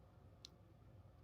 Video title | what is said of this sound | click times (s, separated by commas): GoPro MAX Review 2026 - Is This the Best 360 Action Camera? | There it goes. Clicked right in place. | 0.5 s